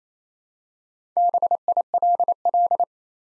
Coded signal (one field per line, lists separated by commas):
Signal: Morse code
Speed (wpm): 29 wpm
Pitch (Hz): 700 Hz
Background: none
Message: BILL